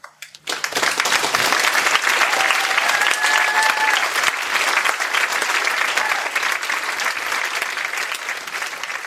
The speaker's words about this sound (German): An dieser Stelle müssen wir einfach nochmal einen Applaus einspielen.